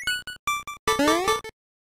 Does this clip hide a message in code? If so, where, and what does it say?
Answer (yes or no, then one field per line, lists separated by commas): no